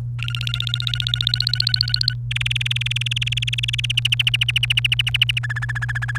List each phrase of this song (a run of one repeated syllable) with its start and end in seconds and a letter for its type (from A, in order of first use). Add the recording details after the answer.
0.19-2.13 A, 2.31-3.86 B, 3.90-5.39 C, 5.43-6.18 D. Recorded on 29 April 2018 at 16:01. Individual llb3